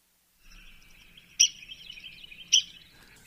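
Red-cockaded Woodpecker giving two sharp, high squeaky call notes about a second apart over a faint background hiss.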